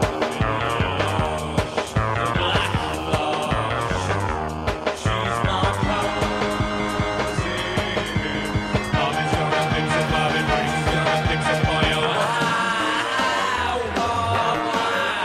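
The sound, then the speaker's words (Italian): Loud, steady music from the presentation trailer of Hole 2012, with a driving beat and dense layered instruments; the low end drops away briefly near the end before the full sound returns. No voices. “Quello che state ascoltando è la musica di un trailer che pubblicheremo immediatamente nelle nostre pagine in Facebook.”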